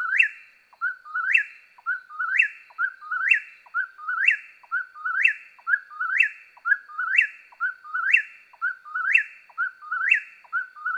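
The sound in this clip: Eastern whip-poor-will song: a steady run of about eleven rhythmic whistled phrases, each ending in a sharp upward flick, roughly one per second.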